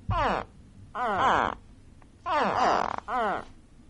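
Gharial calling four times in quick succession, each call a loud, rich, harmonic sound with sweeping tones, separated by short pauses.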